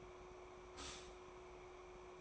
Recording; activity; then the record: daily activity, microphone in the room; stop toaster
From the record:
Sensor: 1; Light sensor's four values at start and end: 4/13/4/5 and 5/13/4/5